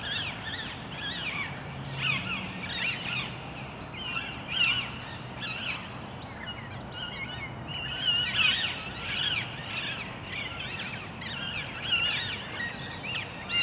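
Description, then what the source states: Parakeet flock calling: dense, harsh screeches and chatter repeated almost continuously, many birds at once, over low rumbling background noise. Recorded in Parc Duden, Forest, Brussels, Belgium, just before nightfall; Zoom MicTrak M4 internal XY microphones.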